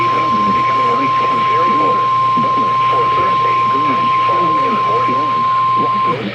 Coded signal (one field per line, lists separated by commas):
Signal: Emergency Alert System (SAME) tones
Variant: 1050 Hz attention tone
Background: speech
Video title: EAS Tests and one FFW from 8/24/22